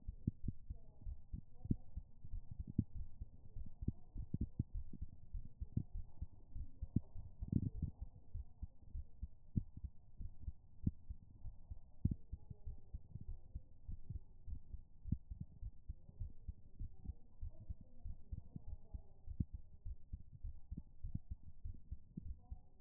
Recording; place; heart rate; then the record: heart sounds by stethoscope; pulmonary valve (PV); 103 bpm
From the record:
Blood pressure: 119/75 mmHg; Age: 30 years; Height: 161 cm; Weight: 59 kg